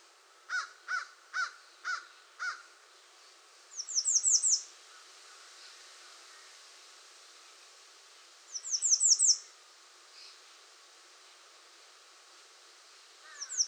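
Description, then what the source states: American redstart repeating its high, rapid downslurred phrase about every five seconds, after a run of five loud, evenly spaced lower notes. 21 June 2019.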